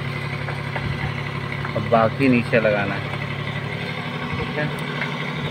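A 6-pin multi-pin wiring connector is being handled at its socket in the wiring of a conveyor metal detector control, over a steady low machine hum while someone talks. Nothing has seated or clicked yet.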